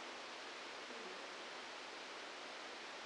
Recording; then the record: brain microelectrode recording played as sound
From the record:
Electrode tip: outside the subthalamic nucleus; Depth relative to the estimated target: 3 mm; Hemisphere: left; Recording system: NeuroSet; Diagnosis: Parkinson's disease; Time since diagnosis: 10 years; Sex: male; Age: 56 years